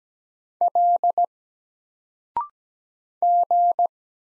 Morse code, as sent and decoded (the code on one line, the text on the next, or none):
.-.. / --.
L G